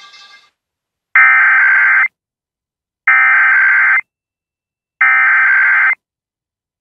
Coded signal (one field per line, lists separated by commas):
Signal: Emergency Alert System (SAME) tones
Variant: header bursts